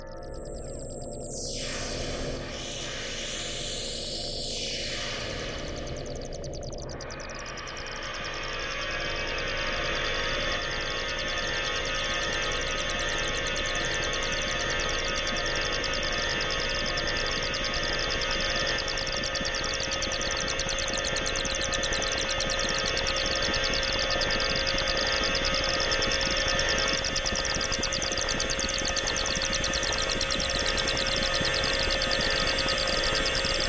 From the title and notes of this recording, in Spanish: Experimental octaphonic composition made with soundscapes of different elements of Nature combined with the sound produced by two synthesizers - RSF KOBOL & MODULAR NORD G2 - provided by the Phonos Foundation (UPF). The field recordings of this piece were made in different cities around the world. Paisajes sonoros de diferentes elementos de la Naturaleza combinados con la sonoridad producida de dos sintetizadores.